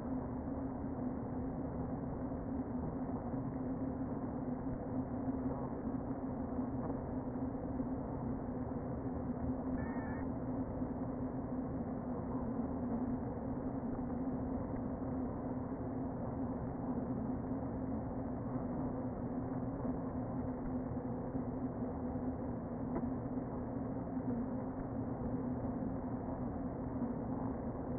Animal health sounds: honeybee colony, microphone inside the hive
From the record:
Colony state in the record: queen present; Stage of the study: before two queens were removed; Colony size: about 60,000 bees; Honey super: yes

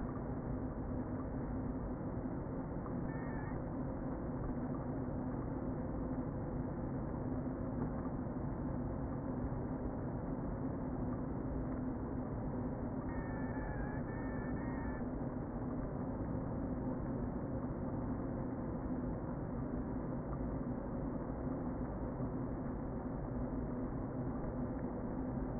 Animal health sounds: honeybee colony, microphone inside the hive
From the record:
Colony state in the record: queen present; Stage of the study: before two queens were removed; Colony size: about 60,000 bees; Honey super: yes

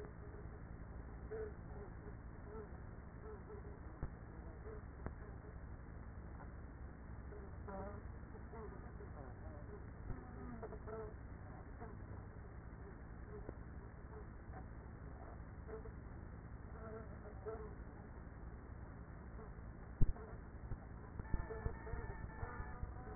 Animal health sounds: honeybee colony, microphone inside the hive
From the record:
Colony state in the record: queenless with a low population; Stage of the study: after two queens were removed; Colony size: about 30,000 bees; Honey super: no

